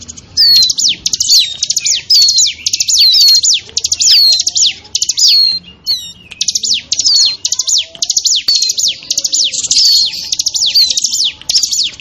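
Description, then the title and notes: Bar-winged prinia giving repeated high phrases, each a fast buzzy stutter ending in a downward whistled slur, almost continuous for twelve seconds. Noisy small-bird (burcil) lure call used to attract wild birds. "Suara Pikat Burcil Ribut. Burung Liar. ciblek"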